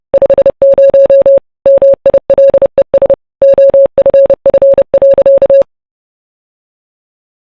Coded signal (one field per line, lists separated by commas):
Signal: Morse code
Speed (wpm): 29 wpm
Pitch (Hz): 550 Hz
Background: none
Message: 50 MILES OFF.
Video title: RMS Titanic Morse Code Chat Logs (With VS7 Ships)